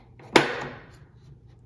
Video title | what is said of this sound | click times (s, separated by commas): 一步一步教孩子拆装洗衣机更换三角龙骨架 | 卡在这里面的，不是那样卡的，这个管子卡进去， | 0.4 s